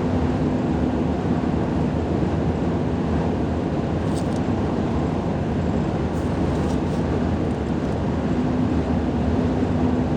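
Steady road noise from a highway fills the clip, a thick, even roar weighted toward the low end with a faint constant hum underneath. The level barely shifts throughout. Brief, faint high clicks or squeaks appear around four seconds and again between six and eight seconds.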